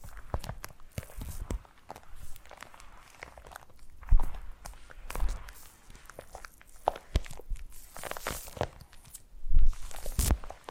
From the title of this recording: Foam Massage